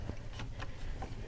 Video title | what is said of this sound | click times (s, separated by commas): How to Assemble a Tub Bench | we're gonna slide these guys in and we're gonna go until we hear the snap there | 0.6 s